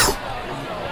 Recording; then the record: coughing mixed with background sound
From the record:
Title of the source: Coughing 79